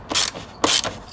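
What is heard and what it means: A ratchet backs the speaker screw out of a McLaren car door panel in two bursts of rapid clicking. At 0.6 s the stripped metal rivnut, which an earlier worker had torqued too hard, spins free and comes out with the screw instead of holding.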